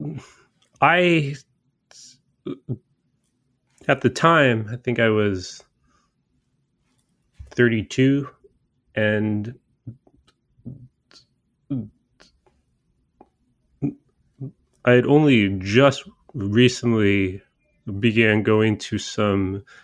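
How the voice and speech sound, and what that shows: Adult male speech from a person who stutters, broken by long silent blocks, stretched sounds and glottal catches, typical of stuttering.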